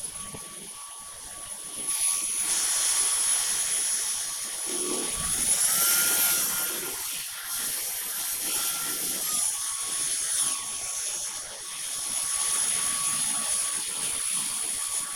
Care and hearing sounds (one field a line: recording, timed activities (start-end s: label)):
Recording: household activities, microphone on the right wrist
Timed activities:
0.00-15.16 s: vacuum cleaning